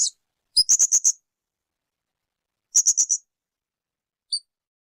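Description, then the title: Spiderhunter calls: two short rapid bursts of high sharp notes with a few brief thin chips, otherwise quiet. Continuous, clear, long-running song (gacor); intended as a tutor recording for birds. "Pijantung Gunung Gacor Jernih Panjang"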